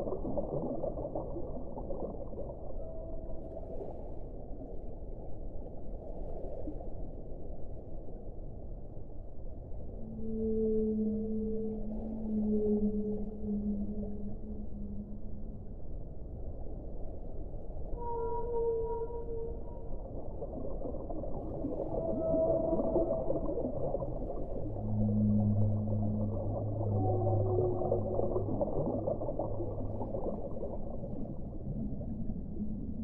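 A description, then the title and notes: Whales sing underwater over a steady low rumbling hiss that carries through the whole recording. Drawn-out tonal calls begin around ten seconds, some low and moaning, others higher and brief. They come every few seconds, with a deep, loud moan near twenty-five seconds. Underwater singing for relaxation. Whales.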